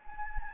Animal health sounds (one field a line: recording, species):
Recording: mosquito wingbeat signal from an infrared sensor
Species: Anopheles gambiae